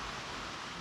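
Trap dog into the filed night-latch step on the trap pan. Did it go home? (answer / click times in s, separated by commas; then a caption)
no / none. The pan of a set No. 3 Bridger foothold trap is being handled, to bring the steel dog down into the small night-latch step filed into the pan notch. Only steady, broadband, hiss-like noise is heard, with no sharp sounds. Nothing has seated or clicked yet.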